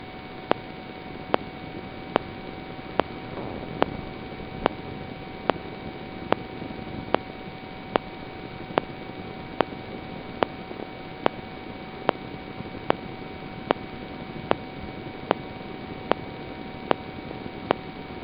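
Sharp, evenly spaced clicks at about 72 a minute stand out over a steady background hiss, with faint low heart sounds beneath, heard through a stethoscope on an adult chest. The strictly regular rhythm is that of a heart driven by a pacemaker.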